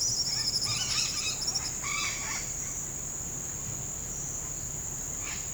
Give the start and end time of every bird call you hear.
[0.00, 2.51] bird call
[5.18, 5.48] bird call

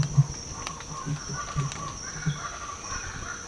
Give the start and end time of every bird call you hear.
[0.52, 3.48] bird call

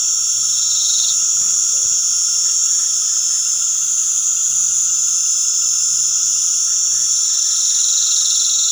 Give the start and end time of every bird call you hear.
[1.72, 1.86] bird call

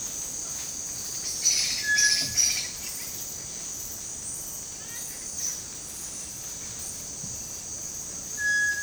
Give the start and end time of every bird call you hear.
[1.32, 3.15] bird call
[4.72, 5.65] bird call
[8.22, 8.83] bird call

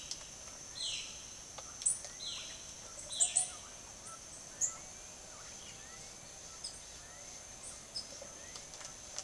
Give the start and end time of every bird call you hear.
[0.00, 8.80] bird call

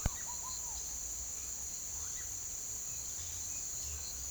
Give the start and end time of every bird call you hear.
[0.00, 4.30] bird call

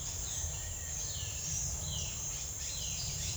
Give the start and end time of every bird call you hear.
[0.00, 3.36] bird call

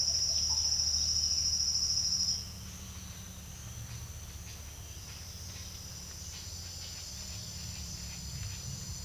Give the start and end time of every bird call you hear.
[0.00, 0.62] bird call

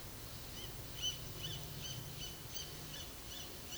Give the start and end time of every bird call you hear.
[0.57, 3.78] bird call

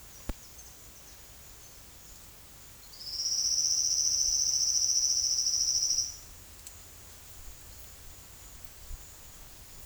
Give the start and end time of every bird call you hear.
[0.00, 2.11] bird call
[2.63, 6.32] bird call

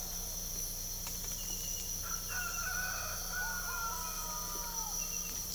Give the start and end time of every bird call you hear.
[2.23, 4.84] bird call

